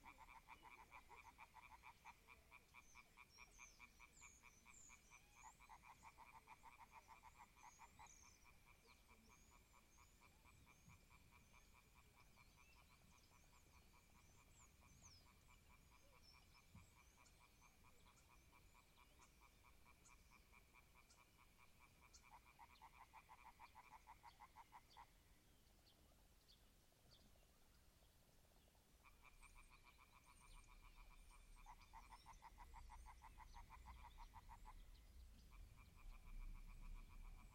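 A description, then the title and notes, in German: An evening at the clay pit, filled with a dense, steady chorus of frogs calling in rapid rattling pulses. The trilling runs almost without pause, dropping out briefly around 25 to 29 seconds before resuming, with faint bright chirps above and a low rumble underneath. Ein Abend in der Lehmgrube. Aber echtes AB-Stereo.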